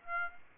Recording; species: mosquito wingbeat signal from an infrared sensor; Aedes aegypti